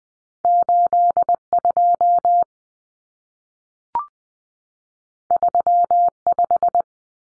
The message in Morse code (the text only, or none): 82 35